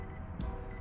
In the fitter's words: Boom! Ooh, you hear that? Snap, crackle, pop.